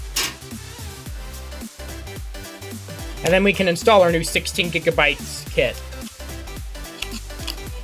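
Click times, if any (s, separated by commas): 7.0 s, 7.5 s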